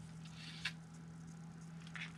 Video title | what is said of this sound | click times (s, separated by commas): Building the Carisma GT24B 1/24 4WD Unassembled Brushless Micro Buggy Kit - Pt. 3 | looks like it snaps in place | 0.7 s